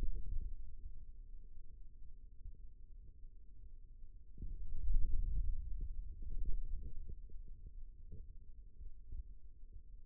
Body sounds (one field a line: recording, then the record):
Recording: forearm muscle sounds (acoustic myography)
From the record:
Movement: pen grasping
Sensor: system 2, bracelet of six BSWA MPA416 microphones around the upper forearm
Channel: 3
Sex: male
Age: 22 years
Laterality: right